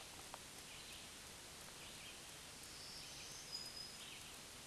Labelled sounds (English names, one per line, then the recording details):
Black-throated Green Warbler song
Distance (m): 45 m
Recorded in a Pennsylvania forest on 1 June 2023 at 07:48
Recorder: AudioMoth, point grid3_12_low
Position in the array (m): 181 m, 155 m